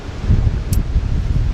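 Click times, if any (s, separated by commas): 0.7 s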